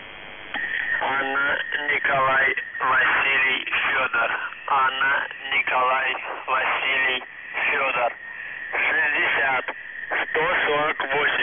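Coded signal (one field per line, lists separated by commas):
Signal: coded military voice message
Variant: UVB-76, Russian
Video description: Callsign: ANVF (АНВФ) Message text: 60 148 DUVROChAJ (ДУВРОЧАЙ) 47 47 68 31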